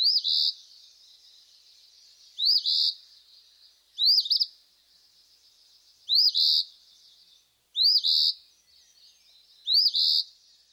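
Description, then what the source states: Eastern Phoebe singing harsh, burry phrases that begin with a sharp upward flick, repeated several times at uneven intervals. Male; harsh song.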